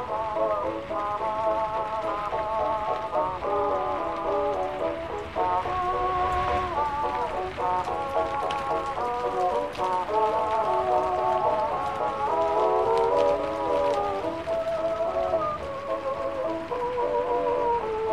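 Oldies music plays in another room, its melody and backing steady and muffled, with the high end dulled. Rain hisses steadily underneath throughout, with a few brief louder spatters scattered through the recording.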